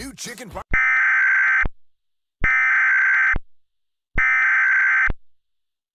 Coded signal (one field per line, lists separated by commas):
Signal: Emergency Alert System (SAME) tones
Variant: header bursts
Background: speech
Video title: Monstrous Eruption - An EAS Scenario